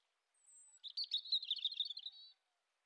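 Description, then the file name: European robin song: a faint high thin note, then a fast liquid twittering phrase of over a second. "Erithacus rubecula"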